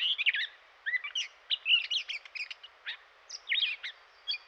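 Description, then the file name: Gray catbird song: a rapid jumble of varied squeaky, scratchy and whistled phrases tumbling along with only brief pauses. "dan gibsons solitudes catbird"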